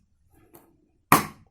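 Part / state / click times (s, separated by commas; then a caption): rocker switch into switch housing of espresso machine / seated / 1.1 s. A rocker switch assembly is pressed firmly back into its switch housing on a Gaggia Classic version 1 espresso machine, with pressure needed to keep the spring in place. After a faint tick at 0.6 s, a sharp, loud click sounds at 1.1 s and rings off briefly as the switch seats in the housing.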